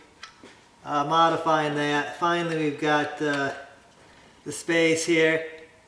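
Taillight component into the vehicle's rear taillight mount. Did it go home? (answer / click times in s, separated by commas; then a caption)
no / none. A smoked taillight part is handled while being fitted into the rear taillight mount of a Polaris Ranger 900 UTV, with a brief faint tick near 0.2 s as someone talks. Nothing has seated or clicked into place yet.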